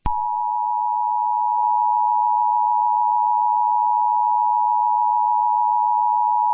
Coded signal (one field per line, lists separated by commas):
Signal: Emergency Alert System (SAME) tones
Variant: 853 and 960 Hz attention tone